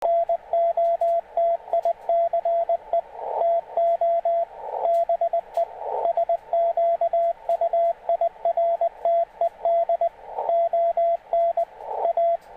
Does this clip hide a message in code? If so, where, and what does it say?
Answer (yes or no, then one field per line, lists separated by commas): yes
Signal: Morse code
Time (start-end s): 0.1-12.4 s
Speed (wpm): 19 wpm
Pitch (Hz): 680 Hz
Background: radio noise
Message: NOTICE TO BE SQUIRTED ON A